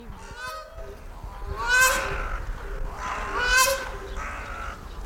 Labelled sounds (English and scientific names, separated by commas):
Black Crowned Crane (Balearica pavonina) call